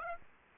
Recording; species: mosquito wingbeat signal from an infrared sensor; Aedes aegypti